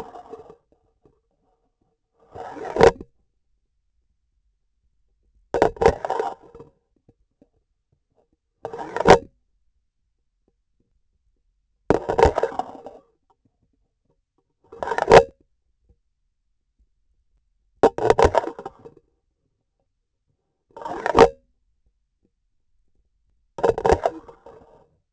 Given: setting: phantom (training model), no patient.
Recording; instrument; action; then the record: laparoscopic instrument, vibration sensor on the handle end; grasping forceps; insertion and removal through the trocar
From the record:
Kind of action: spatial motion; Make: Olympus